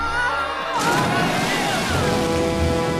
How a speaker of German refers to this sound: Da strömte auch schon mit einem riesigen Schwall das Wasser aus dem Gang in die Kammer.